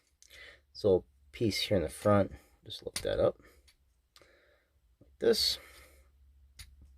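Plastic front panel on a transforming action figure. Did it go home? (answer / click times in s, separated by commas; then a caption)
yes / 6.6 s. Someone talks while lifting a small plastic front piece on a Transformers Legacy United Core Class Bouldercrash transforming action figure. The piece snaps into position with a short click at 6.6 s, seating it in place.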